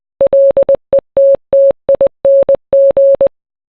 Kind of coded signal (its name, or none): Morse code